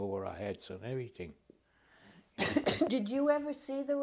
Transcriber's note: coughs